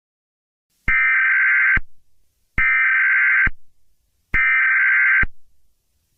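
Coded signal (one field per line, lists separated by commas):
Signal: Emergency Alert System (SAME) tones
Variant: header bursts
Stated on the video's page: Fictional Christmas-themed EAS scenario, not a real alert.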